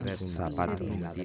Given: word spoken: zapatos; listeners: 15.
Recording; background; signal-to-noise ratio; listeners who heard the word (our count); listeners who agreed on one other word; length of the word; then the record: one Spanish word in noise, from a listening test; four-talker babble; -0.9 dB; 2 of 15; 6 of 15; 0.85 s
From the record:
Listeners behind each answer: 6, 2, 2, 2, 1, 1, 1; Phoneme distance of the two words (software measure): 7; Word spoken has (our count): 3 syllables, 7 phonemes, stress on syllable 2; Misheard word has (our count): 3 syllables, 6 phonemes, stress on syllable 2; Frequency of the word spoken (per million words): 28.55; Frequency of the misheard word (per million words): 5.40